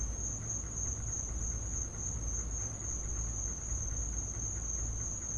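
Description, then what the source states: Crickets chirping in a steady, high continuous trill throughout, over a constant low rumble. Crickets in the recordist's back yard; field recording.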